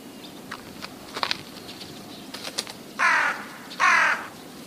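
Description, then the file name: Rook giving two loud, grating caws near the end, preceded by faint scattered clicks and taps. "gawron"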